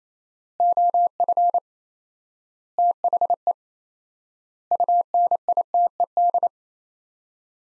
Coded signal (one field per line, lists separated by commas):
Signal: Morse code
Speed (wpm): 28 wpm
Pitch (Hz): 700 Hz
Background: none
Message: OF THE UNITED